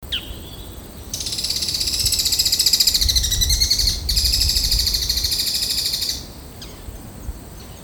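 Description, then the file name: Bull-headed shrike grating chatter: one long, rapidly pulsed rattle lasting about five seconds with a brief break midway, then quiet background. "mozu"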